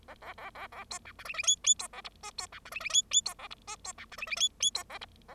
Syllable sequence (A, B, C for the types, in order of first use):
A A A A A B C D E E F F B A G H B C D E E F F B A G H B C D E E F F B A G A